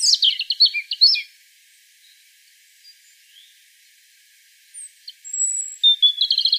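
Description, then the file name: European robin song with a quick rattled phrase, a quiet gap with faint notes, a long high whistle, then a rapid trill. "Erithacus rubecula"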